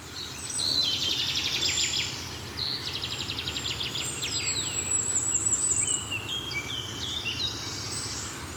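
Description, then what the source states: Wood warbler song: two dry, shivering trills of over a second each, with other thin high bird calls and a steady low traffic hum. Singing behind the listeners in a forest, early June, in the evening.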